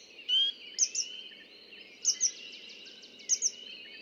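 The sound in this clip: Red-winged blackbird song: a buzzy band of sound runs under sharp high chips given in pairs, about three bursts, with a steady low hum behind.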